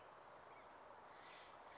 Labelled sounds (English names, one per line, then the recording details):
Steller's Jay
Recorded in Sonoma County, California